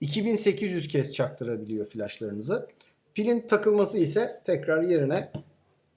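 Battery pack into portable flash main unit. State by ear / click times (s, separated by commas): not seated / none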